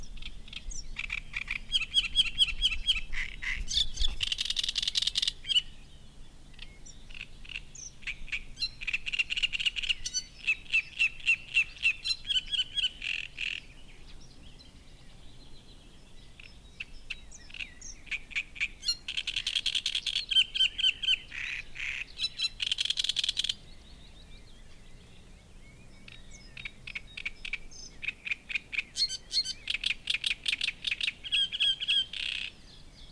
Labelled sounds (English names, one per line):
Great Reed Warbler